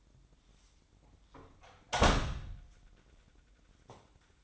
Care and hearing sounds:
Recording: daily activity, microphone in the room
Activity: close door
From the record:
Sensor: 3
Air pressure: 1012.3 hPa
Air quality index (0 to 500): 173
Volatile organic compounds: 3 ppm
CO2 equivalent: 1325 ppm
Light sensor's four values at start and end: 542/1346/555/565 and 548/1362/562/573

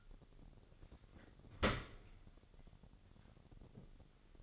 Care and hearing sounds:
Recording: daily activity, microphone in the room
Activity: open dishwasher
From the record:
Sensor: 4

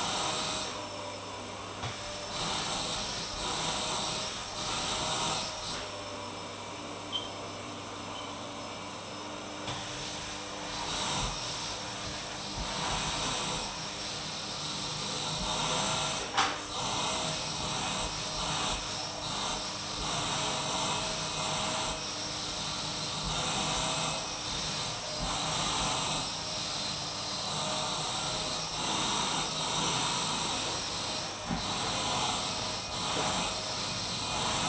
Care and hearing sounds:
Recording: daily activity, microphone in the room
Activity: vacuum cleaning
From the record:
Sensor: 1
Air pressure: 991.0 hPa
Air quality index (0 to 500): 118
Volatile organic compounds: 173 ppm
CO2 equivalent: 4118 ppm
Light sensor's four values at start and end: 19/45/19/20 and 19/45/19/21

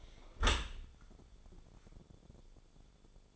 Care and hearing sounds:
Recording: daily activity, microphone in the room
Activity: close dishwasher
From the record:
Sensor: 5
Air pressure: 1015.1 hPa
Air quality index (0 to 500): 133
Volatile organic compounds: 3 ppm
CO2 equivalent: 1431 ppm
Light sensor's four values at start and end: 37/87/35/38 and 38/90/37/41

